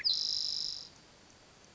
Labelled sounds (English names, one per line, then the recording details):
Spotted Towhee
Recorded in Sonoma County, California